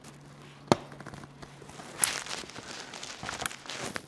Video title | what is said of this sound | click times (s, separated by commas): Tesla Performance Seats Installation for Model 3/Y! 🔥 - Tutorial of Hansshow Replacement Seats | and then you'll hear those clicks right there I hope you could hear that on the microphone | 0.7 s, 2.0 s, 3.5 s, 4.0 s